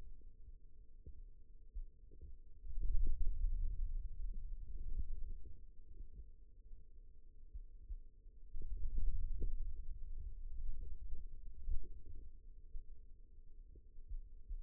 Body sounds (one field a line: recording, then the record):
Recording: forearm muscle sounds (acoustic myography)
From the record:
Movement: hand opening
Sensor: system 2, bracelet of six BSWA MPA416 microphones around the upper forearm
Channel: 3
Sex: male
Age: 22 years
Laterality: right